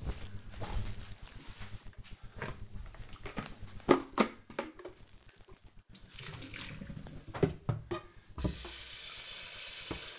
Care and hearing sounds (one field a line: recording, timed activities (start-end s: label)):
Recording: household activities, microphone on the right wrist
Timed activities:
2.89-10.19 s: making tea